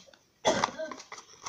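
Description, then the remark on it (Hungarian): A short burst of coughing begins abruptly after a moment of quiet, harsh and breathy, followed by a few softer rasping coughs and throat noises. “Még köhögsz.”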